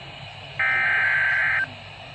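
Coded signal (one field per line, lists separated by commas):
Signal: Emergency Alert System (SAME) tones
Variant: header bursts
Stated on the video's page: Special marine warning received on NOAA weather radios.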